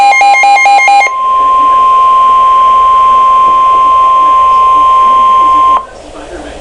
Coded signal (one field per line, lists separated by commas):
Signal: Emergency Alert System (SAME) tones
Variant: 1050 Hz attention tone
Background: speech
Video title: Severe Thunderstorm Warning - EAS #219